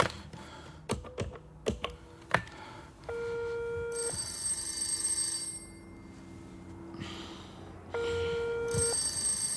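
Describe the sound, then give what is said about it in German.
A few sharp clicks like keys being pressed as a call to Rabatino is dialed, then a telephone rings twice in long, steady electronic bursts with a pause between, and nobody picks up. “Meldet sich nicht.”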